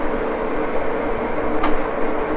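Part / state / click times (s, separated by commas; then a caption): feed engagement collar on an angle-cutting boring head / seated / 1.6 s. The feed engagement collar on a Wohlhaupter UK4 angle-cutting boring/facing head, fitted with brazed carbide angle cutting bars, is pushed in to engage the feed mechanism over a steady broadband machine hum. A single sharp click at 1.6 s confirms the feed has clicked in and seated.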